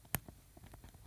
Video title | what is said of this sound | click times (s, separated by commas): JST XH Series Connector Crimping. | the pin where you need it push it in you'll hear it click and it | 0.2 s